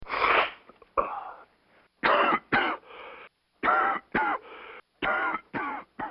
Cough With Congestion.